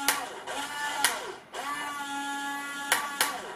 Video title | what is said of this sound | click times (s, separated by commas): AWESOME RC CRANE - HG-P803 METAL CONSTRUCTION WITH STEEL CABLE WINCH | You hear the clutch slip, so that's something to pay attention. | 0.1 s, 1.0 s, 2.9 s, 3.2 s